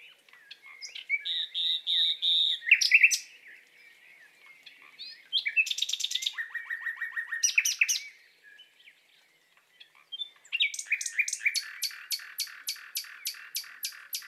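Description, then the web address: Common nightingale singing varied phrases: rapid buzzy trills, a run of low repeated notes, then a loud series of sharp repeated notes, separated by brief pauses. Nightingale in courtship. "annee nature rossignol amoureux"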